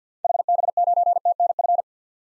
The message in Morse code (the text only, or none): HB9TNF